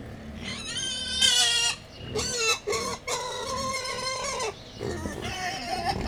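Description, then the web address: Wild boar squealing loudly in long, shrill, harmonic bursts, with short gaps between them. Wild boar at Jászberény Zoo, recorded 28 April 2015, calling excitedly before feeding. "allathangok jaszberenyizoo 2015 professzionalis vaddiszno etetesrefelajzva c 04 28"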